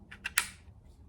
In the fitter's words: and you'll hear a click